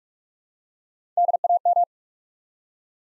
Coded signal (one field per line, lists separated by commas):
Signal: Morse code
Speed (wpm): 44 wpm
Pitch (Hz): 700 Hz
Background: none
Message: DAM